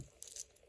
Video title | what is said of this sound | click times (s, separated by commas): I Tried the Cheapest Hulk‑Style Diver Online - Here’s the Truth | A cheap inside component, but it's got a nice click down hinge here as well. | 0.2 s